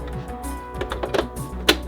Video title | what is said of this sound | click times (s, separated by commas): How To Make Sugar Free, Soft Serve Ice Cream in my Cuisinart Ice Cream Maker | snaps right in there and now you're ready to make ice cream | 1.7 s